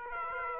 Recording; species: mosquito wingbeat signal from an infrared sensor; Aedes aegypti